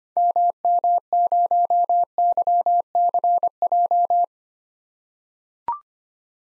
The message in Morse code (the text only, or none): MM0YCJ